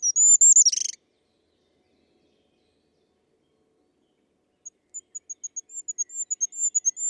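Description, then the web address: Bird call: a very high, thin, slightly wavering note, then a long silence, followed by a string of faint, quick high chips that grow a little louder. "cianscape. Deverinetal 2025. Bird Only"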